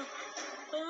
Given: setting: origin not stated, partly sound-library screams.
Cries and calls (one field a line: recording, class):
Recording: one-second piece from a danger detection set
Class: woman in danger